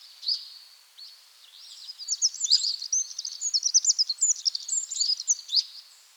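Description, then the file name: Eurasian wren song: a few thin high notes, then a long, fast, ringing series of sharp trilled notes. "Troglodytes troglodytes"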